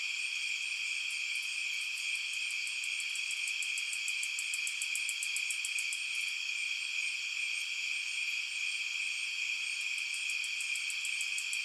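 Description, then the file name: Insects calling at night, several steady high-pitched droning bands layered together, with a fast pulsed ticking chirp running over them in bursts. "Blastwave FX Night Insects"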